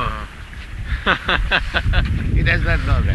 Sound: laughter

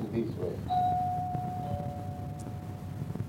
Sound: doorbell rings

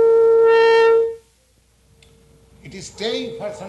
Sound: loud audio feedback

